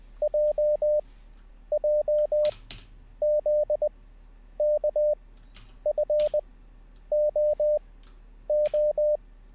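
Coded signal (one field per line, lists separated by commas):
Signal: Morse code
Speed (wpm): 20 wpm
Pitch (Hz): 600 Hz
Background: none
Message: JJZKFOO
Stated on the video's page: Live-streamed Morse code learning practice session.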